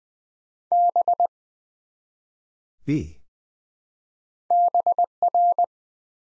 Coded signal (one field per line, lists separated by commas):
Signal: Morse code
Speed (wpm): 20 wpm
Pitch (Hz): 700 Hz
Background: none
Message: B BR